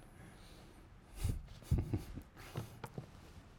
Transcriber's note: chuckles